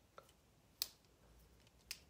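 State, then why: Released. A plastic carrier mount is unscrewed from a dental implant fixture just taken out of its sterile packaging. After a faint tick at 0.2 s, two sharp, bright clicks sound at 0.8 s and 1.9 s, the expected double click. The mount clicks free of the implant.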